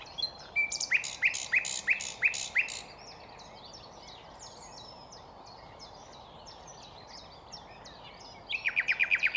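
Nightingale song opens with a run of loud repeated chirping notes, fades into softer varied high phrases, then ends on another quick burst of repeated notes; low steady hiss throughout.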